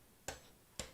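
A click-type torque wrench set to about 19–20 ft-lb tightens a bolt on a motorcycle engine from a Honda CB350 and 125s restoration. Two sharp, bright clicks ring briefly at 0.3 s and 0.8 s against a quiet background. The wrench clicks at its setting, confirming the bolt has reached torque.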